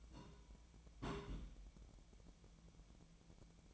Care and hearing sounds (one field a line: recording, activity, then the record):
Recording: daily activity, microphone in the room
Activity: place on stove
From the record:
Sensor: 1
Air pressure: 1010.0 hPa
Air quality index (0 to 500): 187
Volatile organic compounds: 17 ppm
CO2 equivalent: 2565 ppm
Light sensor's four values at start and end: 38/98/41/50 and 38/97/40/49